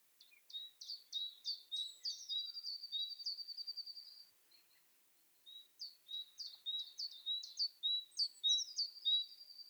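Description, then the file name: Great tit singing quick high-low two-note phrases, running into a brief buzzy trill, then a pause before the phrases resume. "Parus major"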